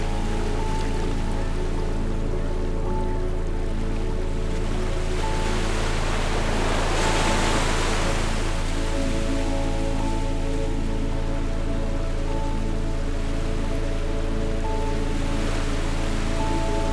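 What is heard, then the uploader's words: Soft ocean waves wash steadily beneath a calm melody, one wave swelling louder and brighter around the seventh second before easing back. Held low tones and a few higher sustained notes hum evenly throughout, giving a smooth, unchanging bed under the surf. This week's episode is a repeating peaceful melody. This melody mixed with calming ocean waves brings the ocean to you no matter where you live. Gentle sounds of the piano and the ambiance.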